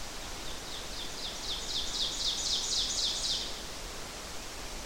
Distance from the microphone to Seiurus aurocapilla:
about 35 m